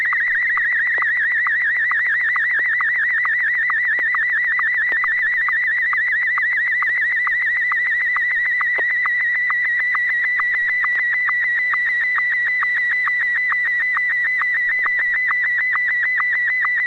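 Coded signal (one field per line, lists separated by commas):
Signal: SSTV (slow-scan television)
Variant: Martin 1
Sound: rapidly warbling whistling tone with steady rhythmic ticks about twice a second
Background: low hum, FM radio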